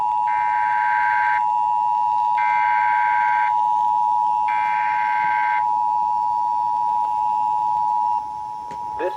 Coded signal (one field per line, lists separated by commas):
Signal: Emergency Alert System (SAME) tones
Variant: 853 and 960 Hz attention tone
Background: speech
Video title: Double Header Areal Flood Warnings on WXJ84, WKWS & WVAF (5/6/22) EAS 683-688